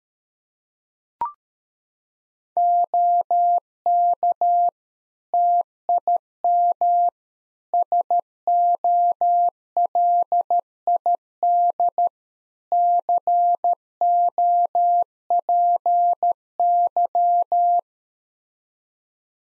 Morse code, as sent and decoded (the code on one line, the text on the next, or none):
--- -.- / - .. -- / ... --- .-.. .. -.. / -.-. --- .--. -.--
OK TIM SOLID COPY